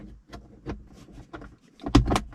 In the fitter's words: just snaps into place easily